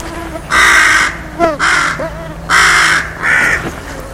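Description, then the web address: Bird giving four loud, harsh, raspy calls, each about half a second long, with fainter curved tonal notes between them. "cianscape. Deverinetal 2025. Bird Only"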